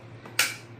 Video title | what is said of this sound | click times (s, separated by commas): Entrusted Longfian 1000p portable pulse mode oxygen concentrator with FAA, FDA and CE approved | slide it. You hear you'll hear a click sound and just place it. Okay? | 0.4 s